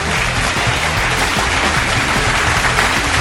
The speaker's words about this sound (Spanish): Les mando un saludo y un aplauso. Ahí está.